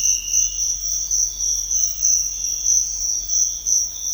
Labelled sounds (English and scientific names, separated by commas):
none